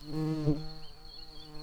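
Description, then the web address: Common carder bee buzzing steadily, a low droning hum rich in overtones, louder in the first half second then holding even, over a faint constant high whine. Queen. "Pascuorum queens"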